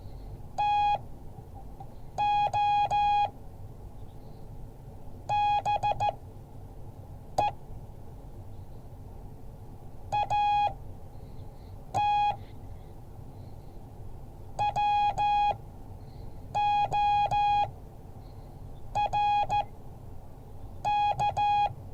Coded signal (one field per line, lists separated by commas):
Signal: Morse code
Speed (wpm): 14 wpm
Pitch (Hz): 830 Hz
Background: none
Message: TO BE AT WORK